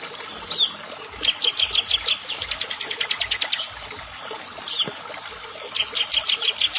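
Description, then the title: Prinia song of quick, high chips that run into a fast trill, then resume after a pause. "Ciblek Sawah"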